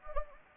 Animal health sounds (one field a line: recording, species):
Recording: mosquito wingbeat signal from an infrared sensor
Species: Anopheles gambiae